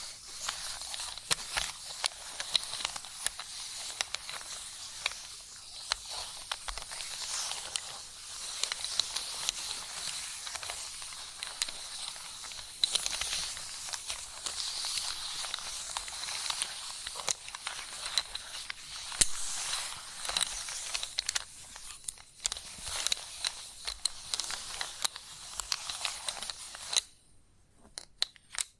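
Chalk scratches and scrapes continuously against a hard surface, a dense, bright, hissing grind with quick ticks and taps scattered throughout. The texture stays busy and fairly even, with small surges, until it stops abruptly around 27 seconds, leaving near silence.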